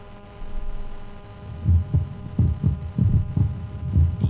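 Regular paired low lub-dub thumps, roughly 90 a minute, over a steady hum: the normal heartbeat of an adult, the heart muscle contracting deep inside the chest.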